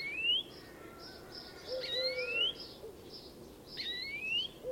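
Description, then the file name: European greenfinch giving upward-sliding whistled calls, three about two seconds apart, with a few low flat notes. "Chloris chloris"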